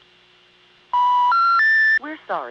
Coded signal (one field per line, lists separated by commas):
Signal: telephone call progress tone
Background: speech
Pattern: special information tone